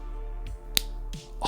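A plastic toy-brick piece is pressed onto another piece while building a toy-brick sand vehicle, with music playing in the background. One sharp, loud click stands out at 0.8 s, between fainter taps at 0.5 s and 1.1 s. The piece seats in place.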